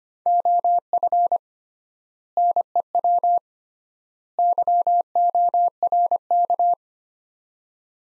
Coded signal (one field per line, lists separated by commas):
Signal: Morse code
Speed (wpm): 25 wpm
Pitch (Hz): 700 Hz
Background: none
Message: OF NEW YORK